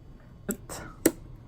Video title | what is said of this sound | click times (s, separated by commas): Motorola Moto G6 Play - How To Repair Screen LCD Glass - Charging Port - Battery | just gonna sit back and you know you're gonna hear a click | 1.1 s